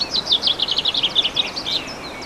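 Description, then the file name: Bird singing a brisk series of sharp, high chirps, followed by a couple of thin whistled notes. Recorded 15 March 2014 with an MZ-N710 recorder. "Chants d oiseaux 15 03 14"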